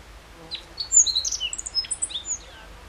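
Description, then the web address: Meadow bunting song: a single quick phrase of high, thin, sliding and chirping notes, varied and jumbled. Recorded 14 June 2012. "June 14 2012 E cioides KBGD"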